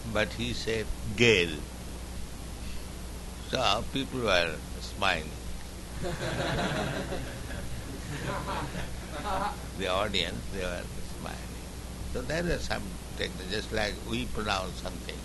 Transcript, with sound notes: but he said gel. So people were smiling. [laughter] The audience, they were smiling. So there are some technical. Just like we pronounce something,